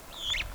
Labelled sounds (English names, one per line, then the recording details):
Superb Starling flight call
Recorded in Kenya